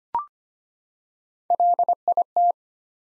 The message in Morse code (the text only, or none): LIT